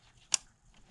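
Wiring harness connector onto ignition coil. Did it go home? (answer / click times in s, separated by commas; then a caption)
yes / 0.3 s. A plastic wiring harness connector is pushed back onto an ignition coil on a BMW X3 engine during a rough idle fix. A single sharp, bright click sounds at 0.35 s against a quiet background. The connector is seated on the coil.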